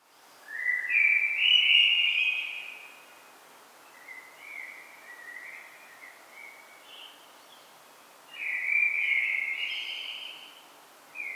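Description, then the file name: Common blackbird song, mellow fluty warbled phrases, two longer strong phrases several seconds apart with quieter twittering notes between, over steady background noise. "Turdus merula"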